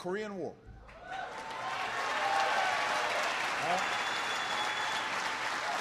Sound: applause

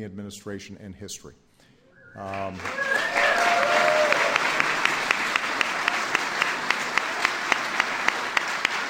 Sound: applause

